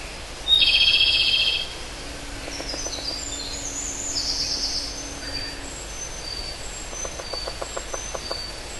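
Pygmy woodpecker with a loud, buzzy, second-long call, followed by thin high calls of other birds and soft pulsed chatter over background hiss.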